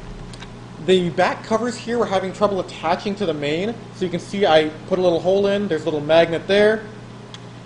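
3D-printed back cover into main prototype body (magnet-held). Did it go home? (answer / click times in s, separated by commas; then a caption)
yes / 7.3 s. A 3D-printed plastic back cover with a small embedded magnet is brought to the main prototype body while someone talks over a steady low hum. A short, sharp tick at 7.3 s marks the cover snapping into place, held on by the magnet.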